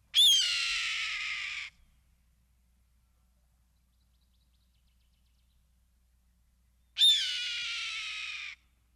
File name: Red Tailed Hawk